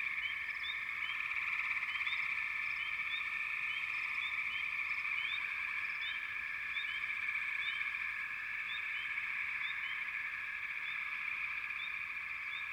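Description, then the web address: Frog chorus of steady high-pitched trilling, with numerous short rising chirps scattered over it from start to finish. "Natures Songs Sleep Sounds of Nature FROGS Frog Chourus"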